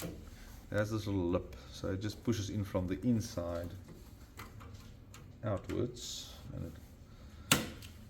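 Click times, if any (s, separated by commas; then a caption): 7.5 s. A motherboard I/O shield with a small lip is pushed outward from inside a PC case into its rear opening while someone talks. A few faint taps come before a sharp, loud snap at 7.5 s, when the shield seats in the case opening.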